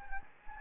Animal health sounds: mosquito wingbeat signal from an infrared sensor; Anopheles gambiae

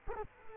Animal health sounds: mosquito wingbeat signal from an infrared sensor; Culex quinquefasciatus

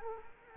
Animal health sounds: mosquito wingbeat signal from an infrared sensor; Culex quinquefasciatus

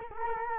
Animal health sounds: mosquito wingbeat signal from an infrared sensor; Culex quinquefasciatus

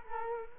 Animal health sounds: mosquito wingbeat signal from an infrared sensor; Culex quinquefasciatus

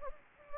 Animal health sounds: mosquito wingbeat signal from an infrared sensor; Anopheles gambiae

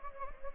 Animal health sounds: mosquito wingbeat signal from an infrared sensor; Anopheles gambiae

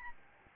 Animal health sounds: mosquito wingbeat signal from an infrared sensor; Aedes albopictus

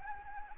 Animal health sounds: mosquito wingbeat signal from an infrared sensor; Anopheles arabiensis

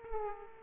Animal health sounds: mosquito wingbeat signal from an infrared sensor; Aedes aegypti

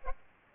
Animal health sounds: mosquito wingbeat signal from an infrared sensor; Aedes aegypti

